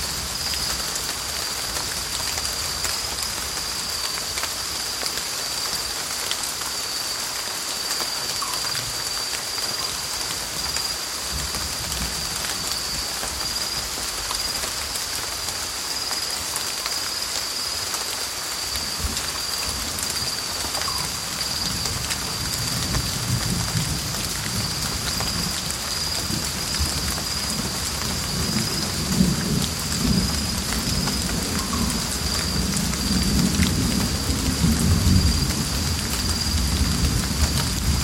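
Steady, dense rain falls through a tropical forest in a constant hiss, with a thin high whine running unbroken underneath. From about twenty seconds on, low rolling thunder swells and grows louder toward the end.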